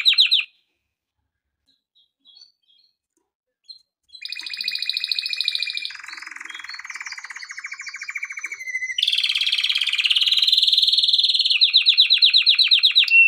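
Canary song: a brief opening trill, then after a pause a long run of rapid buzzy trills and rolling tours shifting in pitch, ending in fast high repeated notes.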